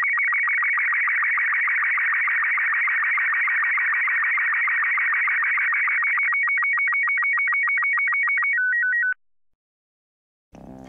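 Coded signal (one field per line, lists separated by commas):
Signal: SSTV (slow-scan television)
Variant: Robot 36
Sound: rapid warbling chirpy tones with regular low blips, ending in alternating two-tone beeps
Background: brief noise at end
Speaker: this is important to remember because sstv runs full duty cycle and running too much power for too long can overheat your radio you should never exceed 50 watts or keep a close eye on your equipment so [Music] so sstv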